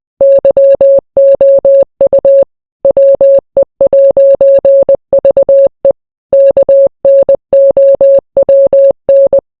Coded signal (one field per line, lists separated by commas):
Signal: Morse code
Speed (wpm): 20 wpm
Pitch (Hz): 550 Hz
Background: none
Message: YOU WE'VE KNOWN